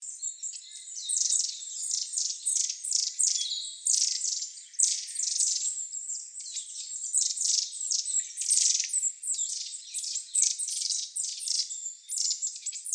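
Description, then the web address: Long-tailed tit calls: continuous high, thin, buzzy chatter of many short notes. Recorded on 10 May 2019. "birdenaga enaga"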